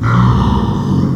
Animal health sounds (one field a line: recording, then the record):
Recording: squeal of a Yucatan mini pig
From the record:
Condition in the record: after surgery on the right vocal fold (resection and tissue-engineered implant)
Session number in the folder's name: 16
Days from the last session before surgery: 183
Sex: female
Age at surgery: 19 weeks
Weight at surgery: 25 kg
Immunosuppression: prednisolone